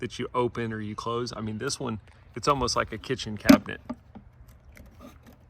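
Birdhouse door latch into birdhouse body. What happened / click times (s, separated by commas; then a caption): The latch is handled but has not yet clicked shut / none. Someone talks while handling the front door of a Birdfy Nest Smart Dual-Camera birdhouse, whose cabinet-style latch closes into the birdhouse body. After the talking, a few faint, brief knocks and taps are heard around 4.1 to 5.3 seconds. The door latch has not caught or locked into place yet.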